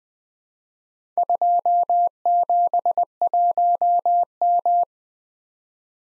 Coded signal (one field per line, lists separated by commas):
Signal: Morse code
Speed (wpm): 20 wpm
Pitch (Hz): 700 Hz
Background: none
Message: 271M